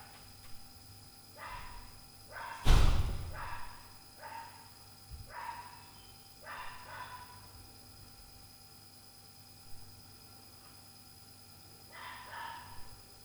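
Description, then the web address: Dog barking in short, separate barks at uneven intervals, with a loud door thump near the start and a steady electrical hum underneath. Night-time recording, 2022, with fridge hum and door noise. "zone 51 2022 Night Noise Fridge DOG 2 x DOOR NOISE"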